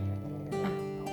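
A brief low, tonal gurgling rumble that rises in pitch midway: ordinary stomach growling (borborygmi) from an adult woman's stomach.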